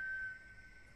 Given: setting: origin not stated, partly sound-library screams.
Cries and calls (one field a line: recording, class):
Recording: one-second piece from a danger detection set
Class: normal situation